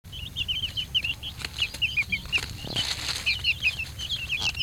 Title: Silky Chicks enjoying leaf litter under pruned bushes